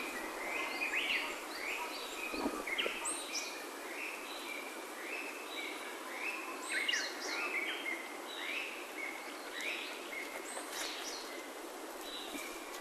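Birds calling: many short chirps and whistled notes from several birds overlap throughout, over a steady background hiss.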